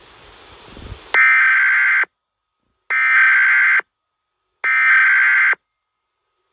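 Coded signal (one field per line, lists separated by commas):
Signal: Emergency Alert System (SAME) tones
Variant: header bursts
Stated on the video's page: Fictional animated scenario depicting an Emergency Alert System Required Monthly Test received on a TV.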